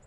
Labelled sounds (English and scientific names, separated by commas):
Lucy's Warbler (Leiothlypis luciae) flight call